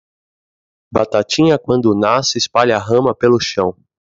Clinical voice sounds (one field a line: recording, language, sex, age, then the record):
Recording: short text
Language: Brazilian Portuguese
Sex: male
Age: 40 to 49 years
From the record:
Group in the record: control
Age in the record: 44 years